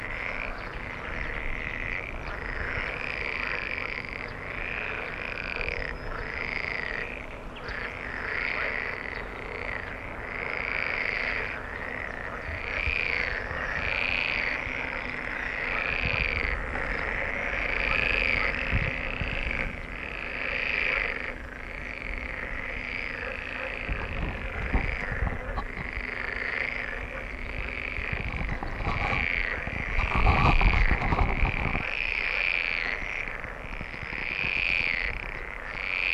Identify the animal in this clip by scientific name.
Pelophylax lessonae